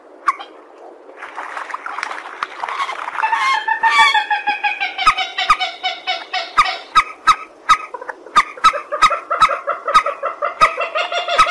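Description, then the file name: Purple swamphen calls: building from a soft start into a sustained run of nasal, pulsed cackles, with crisp clicks throughout. "tieng trich re keu"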